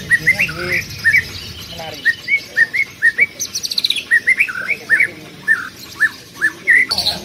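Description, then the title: Greater green leafbird calling: busy, varied sequence of sharp rising whistles and chips, with a short rapid trill near the middle, almost continuous throughout. Female, vocalising intensely and calling to a male. "CUCAK IJO BETINA GACOR HIPER MEMANGGIL JANTAN"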